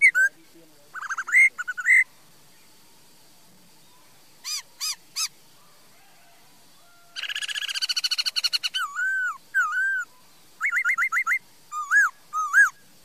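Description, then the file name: Laughingthrush with scattered loud whistles, a harsh churring passage, then repeated whistled and quick notes. "Tieng khuou hot"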